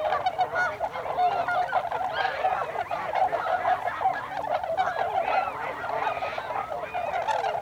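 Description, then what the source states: Tundra swans in a calling flock, layered wavering honks with occasional higher rising notes, a constant chattering chorus. Several tundra swans recorded on 26 December 2020.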